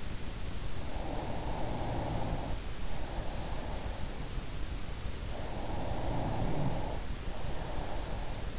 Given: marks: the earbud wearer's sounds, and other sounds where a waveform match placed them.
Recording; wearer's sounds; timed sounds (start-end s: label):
sounds in sleep by an in-ear microphone; breath
0.59-4.32 s: breath
5.03-8.59 s: breath